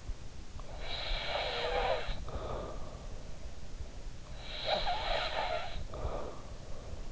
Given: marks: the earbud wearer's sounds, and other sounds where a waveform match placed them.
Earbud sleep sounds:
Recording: sounds in sleep by an in-ear microphone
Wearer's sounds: snoring breath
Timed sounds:
0.62-3.15 s: snoring breath
4.35-6.63 s: snoring breath

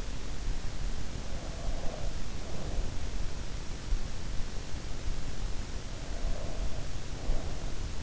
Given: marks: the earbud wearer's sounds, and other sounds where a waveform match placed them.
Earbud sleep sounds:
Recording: sounds in sleep by an in-ear microphone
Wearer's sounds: breath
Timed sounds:
1.29-3.09 s: breath
6.21-8.03 s: breath

